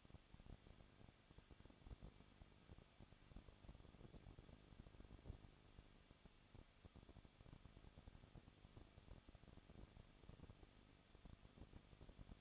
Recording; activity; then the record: daily activity, microphone in the room; no activity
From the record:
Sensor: 4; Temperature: 23.1 degrees Celsius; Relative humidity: 34.2%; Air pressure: 1007.2 hPa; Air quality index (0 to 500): 217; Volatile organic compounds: 15 ppm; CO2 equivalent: 2507 ppm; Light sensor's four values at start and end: 2/3/1/1 and 2/3/1/1